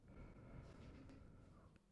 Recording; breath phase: one breath near a microphone; exhalation